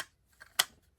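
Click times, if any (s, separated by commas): 0.6 s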